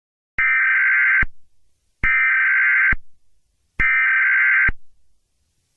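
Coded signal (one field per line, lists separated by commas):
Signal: Emergency Alert System (SAME) tones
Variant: header bursts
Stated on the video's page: Fictional EAS scenario about exploding batteries; simulated.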